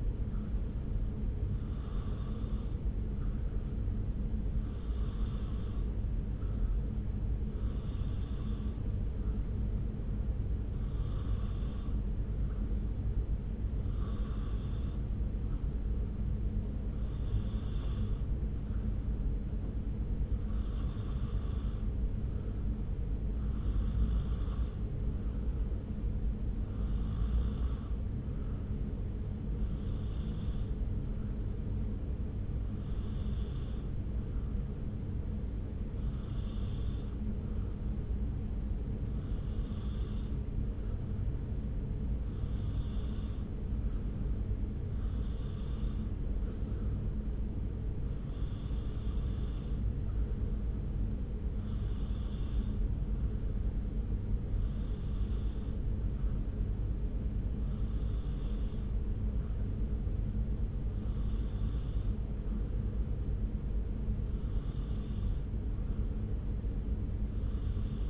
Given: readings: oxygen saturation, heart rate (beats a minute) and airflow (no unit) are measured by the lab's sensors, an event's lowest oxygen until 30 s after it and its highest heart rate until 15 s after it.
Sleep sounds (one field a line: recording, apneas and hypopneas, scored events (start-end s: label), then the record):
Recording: breathing in sleep by a smartphone at the bedside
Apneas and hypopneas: none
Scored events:
none scored
From the record:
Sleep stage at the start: N2 (light sleep)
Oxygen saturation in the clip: 92 to 93%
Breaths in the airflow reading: 29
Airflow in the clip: -0.6 to 0.7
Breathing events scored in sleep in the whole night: 335 in 6.7 hours asleep